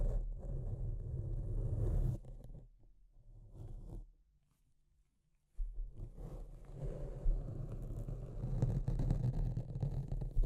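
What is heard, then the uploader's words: Deep, rumbling scratching scrapes on continuously, drops to near silence around four to five and a half seconds, then resumes denser and rougher. Deep Scratching. (No Talking).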